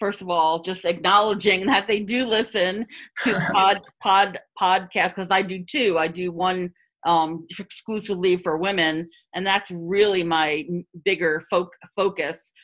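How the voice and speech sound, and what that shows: An adult woman who has stuttered since childhood speaks in a mid-pitched voice with part-word repetitions, repeating "pod-pod-pod-podcasts" and "foc-focus", plus a prolonged sound before "bigger" and scattered pauses. These are typical signs of developmental stuttering.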